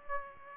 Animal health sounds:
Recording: mosquito wingbeat signal from an infrared sensor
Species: Aedes aegypti

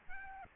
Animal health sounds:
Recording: mosquito wingbeat signal from an infrared sensor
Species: Aedes albopictus

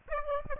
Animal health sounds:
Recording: mosquito wingbeat signal from an infrared sensor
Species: Aedes aegypti

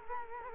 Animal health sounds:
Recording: mosquito wingbeat signal from an infrared sensor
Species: Culex quinquefasciatus

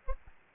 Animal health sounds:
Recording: mosquito wingbeat signal from an infrared sensor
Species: Aedes albopictus

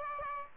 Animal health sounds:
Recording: mosquito wingbeat signal from an infrared sensor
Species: Aedes aegypti

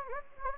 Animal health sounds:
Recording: mosquito wingbeat signal from an infrared sensor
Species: Anopheles gambiae

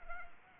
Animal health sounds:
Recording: mosquito wingbeat signal from an infrared sensor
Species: Anopheles arabiensis

